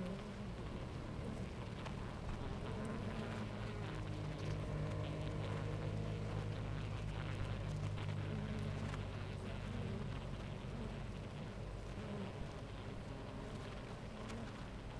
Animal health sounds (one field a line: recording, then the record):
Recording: honeybee colony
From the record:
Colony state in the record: active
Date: 28 July 2017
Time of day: 10:29